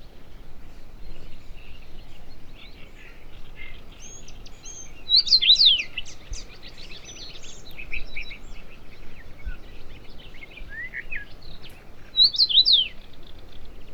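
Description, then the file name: Common rosefinch giving brief slurred whistled phrases twice, about seven seconds apart, with fainter chirps between, over low rumbling noise. "Rosenfink"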